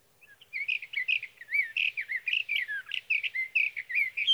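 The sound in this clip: Sage thrasher in sustained song, a rapid unbroken stream of varied warbled and gurgling notes, many slurred up or down, lasting nearly four seconds.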